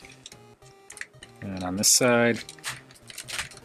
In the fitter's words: And then slide all this back. And that will click into place.